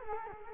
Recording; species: mosquito wingbeat signal from an infrared sensor; Culex quinquefasciatus